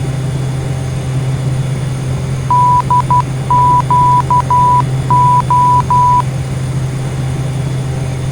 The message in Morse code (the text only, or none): DQO